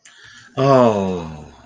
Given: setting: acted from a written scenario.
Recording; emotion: vocal sound without words; sympathy